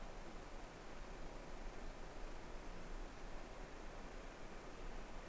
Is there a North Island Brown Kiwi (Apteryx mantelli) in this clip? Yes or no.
no